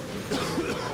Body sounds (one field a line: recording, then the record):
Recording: coughing mixed with background sound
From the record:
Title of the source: Coughing 46